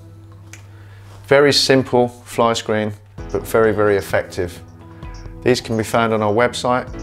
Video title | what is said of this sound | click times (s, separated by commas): Fitting Fly Screen | then you fly screen can then be locked into place just like that with the turn button | 0.5 s